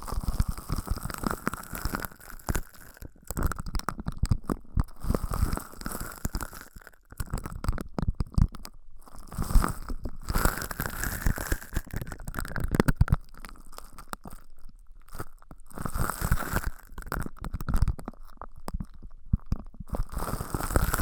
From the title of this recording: Ear Massage, Cleaning